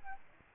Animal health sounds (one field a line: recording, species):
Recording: mosquito wingbeat signal from an infrared sensor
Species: Aedes albopictus